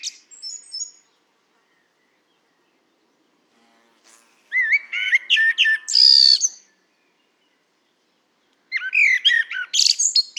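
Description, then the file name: Common blackbird song in separate phrases, rich warbled notes ending in scratchy high twitters, with pauses of a few seconds between them. "Turdus merula"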